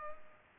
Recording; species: mosquito wingbeat signal from an infrared sensor; Culex pipiens